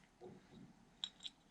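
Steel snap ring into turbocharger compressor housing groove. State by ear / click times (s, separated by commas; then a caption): seated / 1.0 s. A steel snap ring is worked into the groove of a Holset H1C turbocharger's compressor housing during a rebuild with a 62mm compressor upgrade, with a finger run around the ring to press it in. Soft low handling noise precedes a sharp, bright snap at 1.0 s, followed by a smaller click at 1.3 s. The ring is seated in the compressor housing.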